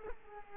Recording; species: mosquito wingbeat signal from an infrared sensor; Culex quinquefasciatus